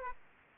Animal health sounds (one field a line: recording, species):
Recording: mosquito wingbeat signal from an infrared sensor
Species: Aedes aegypti